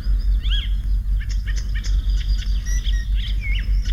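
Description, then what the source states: Icterine Warbler song: a varied run of high chirps, slurred whistles and short sweeping notes, with a steady low rumble beneath. Whole song made of borrowed fragments; its own characteristic sound is a nasal 'tey'.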